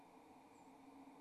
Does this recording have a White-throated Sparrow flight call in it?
no